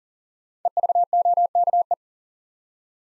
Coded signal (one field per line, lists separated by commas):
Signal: Morse code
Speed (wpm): 40 wpm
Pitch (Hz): 700 Hz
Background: none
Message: EVOKE